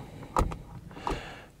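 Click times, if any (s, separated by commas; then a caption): none. A plastic flip-down overhead conversation mirror in the roof console housing of a cheap Ford C-Max is pushed closed twice, giving sharp plastic snaps against the housing at about 0.4 and 1.1 s, with lighter taps around them. The mirror does not latch and nothing has clicked shut, so it is left hanging down.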